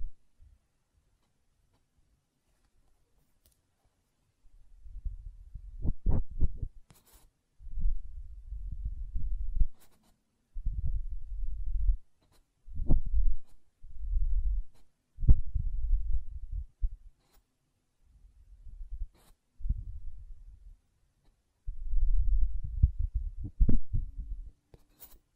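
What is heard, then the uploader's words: Muffled low rumbling bursts of ear cleaning and blowing come in repeated two-second pulses after a quiet start, with occasional sharp clicks. ASMR Ear Cleaning and Blowing (No Talking).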